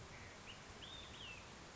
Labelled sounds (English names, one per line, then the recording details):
Olive-sided Flycatcher
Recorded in Sonoma County, California